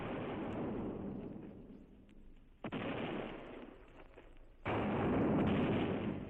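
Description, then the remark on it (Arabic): Cannons and rockets firing in broad daylight after the order to open the canal when the water rose at the dam, a continuous booming roar broken by a sharp crack midway and a sudden louder surge of blasts toward the end, with no voices. “وبعدين يروحوا ضربين المدافع والصواريخ في عز الايالة.”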